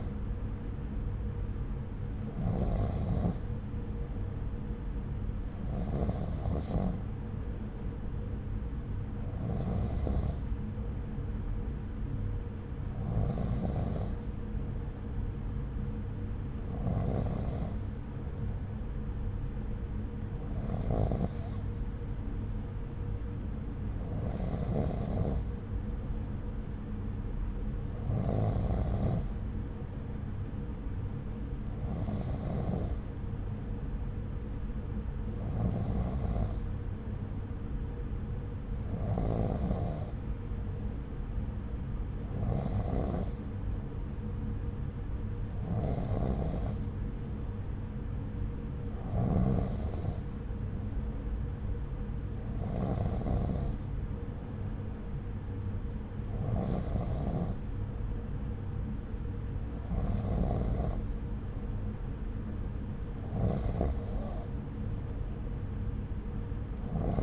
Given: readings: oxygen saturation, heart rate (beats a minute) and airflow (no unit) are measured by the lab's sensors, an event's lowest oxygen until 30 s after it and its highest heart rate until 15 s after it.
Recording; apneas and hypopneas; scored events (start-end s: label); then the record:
breathing in sleep by a smartphone at the bedside; none
7.00-67.23 s: new sleep stage, N3 (deep sleep)
From the record:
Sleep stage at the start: N2 (light sleep); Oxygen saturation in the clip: 93%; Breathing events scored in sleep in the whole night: 303 in 8.1 hours asleep